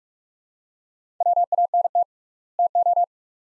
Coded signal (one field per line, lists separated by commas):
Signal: Morse code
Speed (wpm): 43 wpm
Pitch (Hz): 700 Hz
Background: none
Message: WANT TO